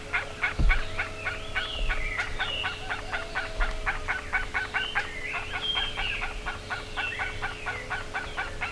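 Bird calls: repeated harsh notes with rising and falling whistles, a few soft thuds and a constant low hum.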